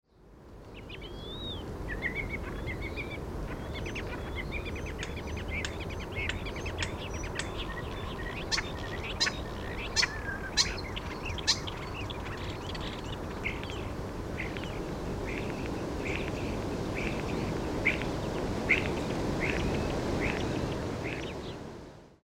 European Starling song recorded in Moraine Park in Rocky Mountain National Park.